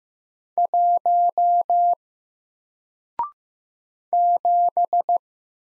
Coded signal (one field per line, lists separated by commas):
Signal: Morse code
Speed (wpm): 15 wpm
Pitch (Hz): 700 Hz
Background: none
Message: 1 7